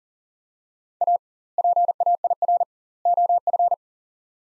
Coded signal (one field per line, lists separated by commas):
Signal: Morse code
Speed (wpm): 40 wpm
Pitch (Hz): 700 Hz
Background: none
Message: A PAIR OF